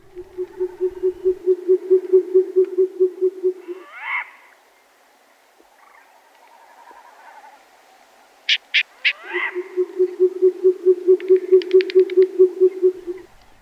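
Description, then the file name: Short-eared owl hooting: two long bouts of low, rapid, evenly spaced hoots, separated by rising calls and a few sharp clicks. "Sumpfohreule"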